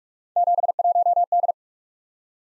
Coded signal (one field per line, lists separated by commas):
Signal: Morse code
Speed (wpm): 44 wpm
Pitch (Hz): 700 Hz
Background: none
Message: 71D